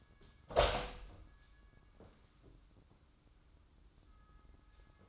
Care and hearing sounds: daily activity, microphone in the room; open door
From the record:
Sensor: 3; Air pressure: 994.3 hPa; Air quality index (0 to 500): 206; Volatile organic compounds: 1000 ppm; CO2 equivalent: 6908 ppm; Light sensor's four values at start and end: 137/327/136/132 and 140/335/139/136

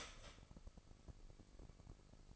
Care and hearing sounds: daily activity, microphone in the room; start toaster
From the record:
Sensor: 5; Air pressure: 1007.2 hPa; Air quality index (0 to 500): 132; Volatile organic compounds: 2 ppm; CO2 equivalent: 999 ppm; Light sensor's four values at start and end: 25/57/23/23 and 25/57/23/23

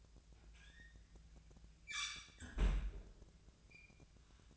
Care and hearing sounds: daily activity, microphone in the room; close fridge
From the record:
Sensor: 2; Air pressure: 1009.6 hPa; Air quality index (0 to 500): 184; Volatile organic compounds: 11 ppm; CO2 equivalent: 2288 ppm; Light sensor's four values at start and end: 26/64/28/30 and 26/64/28/30

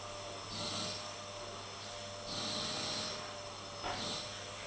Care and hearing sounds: daily activity, microphone in the room; vacuum cleaning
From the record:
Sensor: 4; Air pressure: 1000.9 hPa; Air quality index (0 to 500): 138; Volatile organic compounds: 2 ppm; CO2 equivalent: 1024 ppm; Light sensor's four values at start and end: 29/69/29/31 and 29/69/29/31

